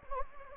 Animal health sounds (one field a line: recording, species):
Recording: mosquito wingbeat signal from an infrared sensor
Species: Anopheles gambiae